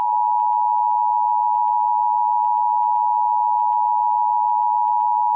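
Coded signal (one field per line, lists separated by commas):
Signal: Emergency Alert System (SAME) tones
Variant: 853 and 960 Hz attention tone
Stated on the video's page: Mock, not a real broadcast, made for entertainment; may contain valid EAS tones.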